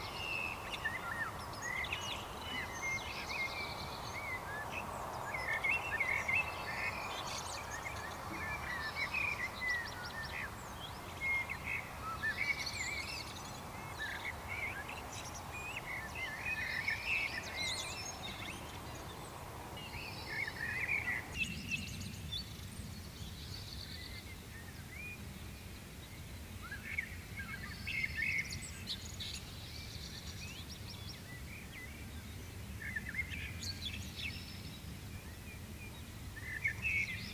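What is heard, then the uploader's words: Birds chirp and twitter steadily at sunrise, many short bright calls overlapping throughout. Under them runs a steady low hum and hiss of outdoor noise, which drops away abruptly around twenty-one seconds, leaving the birdsong clearer. Vogelgezwitscher bei Sonnenaufgang | Birdsong at sunrise. Zwitschern der Vögel am frühen Morgen bei Sonnenaufgang.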